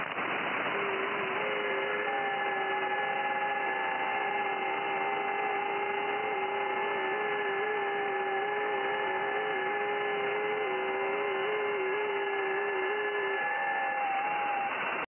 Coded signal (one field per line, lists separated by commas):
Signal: FT8